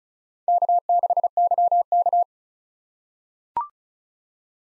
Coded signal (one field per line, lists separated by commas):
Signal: Morse code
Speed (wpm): 34 wpm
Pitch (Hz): 700 Hz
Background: none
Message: K6YK